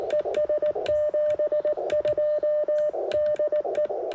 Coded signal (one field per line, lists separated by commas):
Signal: Morse code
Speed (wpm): 19 wpm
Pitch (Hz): 590 Hz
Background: none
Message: ES 72 DE